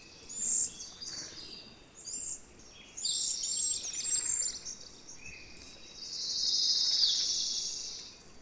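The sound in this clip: Bird sounds: scattered high chirps and twitters, a busier burst midway, then a drawn-out high rushing trill near the end, over quiet background hiss.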